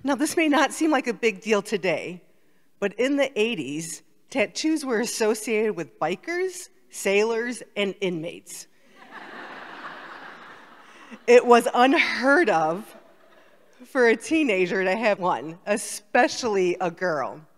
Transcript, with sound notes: Now this may not seem like a big deal today, but in the 80s, tattoos were associated with bikers, sailors and inmates. (laughter) It was unheard of for a teenager to have one, especially a girl.